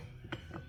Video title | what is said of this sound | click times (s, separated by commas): TRX250R BUILD PART 4 STATOR, FLYWHEEL, AND COVER INSTALLATION | and you'll feel it because when it locks into place | 0.3 s